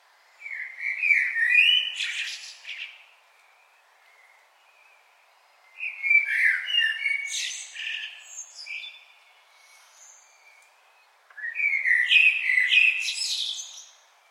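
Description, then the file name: Common blackbird song, three mellow warbled phrases separated by pauses, each closing with a scratchy high twitter. "Turdus merula"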